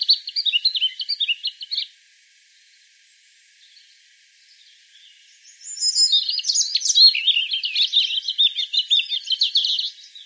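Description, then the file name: European robin singing a short high warble, then after a silent gap a longer run of thin, jumbled, sweet notes. "Erithacus rubecula"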